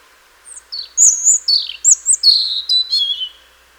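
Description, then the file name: European robin song phrase of clear high whistles and short falling trills, delivered rapidly over about three seconds, fluid and warbling. "Erithacus rubecula"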